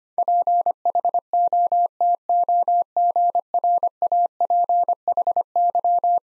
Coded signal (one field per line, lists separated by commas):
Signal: Morse code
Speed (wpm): 25 wpm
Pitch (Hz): 700 Hz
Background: none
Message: PHOTOGRAPHY